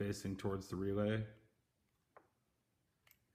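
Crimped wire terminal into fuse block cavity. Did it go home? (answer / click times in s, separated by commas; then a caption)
yes / 2.2 s, 3.1 s. Someone talks, then a crimped metal terminal with a locking barb facing the relay is pushed into fuse terminal cavity number one of a plastic Hella fuse and relay block. Two short clicks are heard at 2.2 s and 3.1 s as the terminal snaps into place and is seated.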